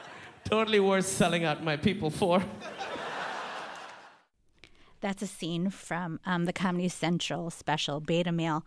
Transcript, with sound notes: totally worth selling out my people for.
(LAUGHTER)
That's a scene from the Comedy Central special "Beta Male."